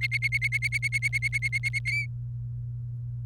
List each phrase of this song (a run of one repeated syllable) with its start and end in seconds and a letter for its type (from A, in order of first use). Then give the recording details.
0.01-1.79 A, 1.85-2.05 B. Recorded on 29 April 2018 at 09:24. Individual llb3